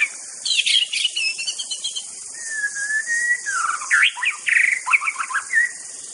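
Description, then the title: White-rumped shama song: varied whistled phrases with a long level whistle and quick up-and-down notes, rich and melodious, over a steady high insect hiss. Wild bird from forest. "Suara burung murai batu asli hutan"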